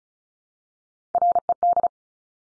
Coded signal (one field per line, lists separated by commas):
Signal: Morse code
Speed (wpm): 36 wpm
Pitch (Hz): 700 Hz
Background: none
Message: RED